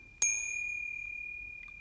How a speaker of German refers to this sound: Neben ihr schlägt die erlesene Louis XIV-Uhr 3, in dem ein winzig kleiner, nackter, vergoldeter Hirte gegen eine winzig kleine, goldene Glocke schlägt. Ding, ding. Ding.